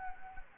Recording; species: mosquito wingbeat signal from an infrared sensor; Anopheles gambiae